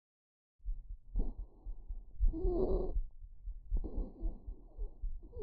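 Stridor from a patient's airway: a musical, high-pitched sound heard in bursts with breaths. Inspiratory stridor suggests an extrathoracic cause such as a vocal cord lesion; expiratory stridor suggests an intrathoracic cause such as bronchomalacia.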